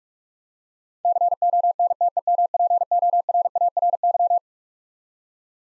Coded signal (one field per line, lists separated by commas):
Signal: Morse code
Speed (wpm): 47 wpm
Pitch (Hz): 700 Hz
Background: none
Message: CONTEMPORARY